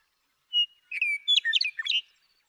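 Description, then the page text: Western meadowlark song: a brief clear whistle, then a run of slurred whistles breaking into a rich, rapid warble. Male western meadowlark (Bird 1) singing in Sierra Valley, eastern California, 2018. "Birdsong for the Curious Naturalist: Explore #7. The joy of western meadowlark songs. Come along with me to Sierra Valley in eastern California where, during 2018, I just couldn't get enough of them"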